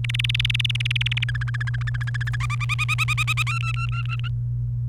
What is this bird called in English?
Domestic Canary